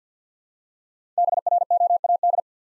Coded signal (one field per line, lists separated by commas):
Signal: Morse code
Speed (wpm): 50 wpm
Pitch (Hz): 700 Hz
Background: none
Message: BROAD